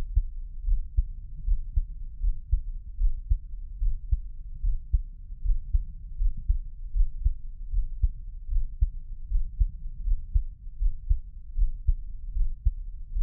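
Steady, soft low thumps at about 77 beats a minute: an adult's own heartbeat heard close up through a 3Dio binaural microphone, as ASMR.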